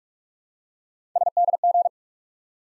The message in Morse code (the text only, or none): SDG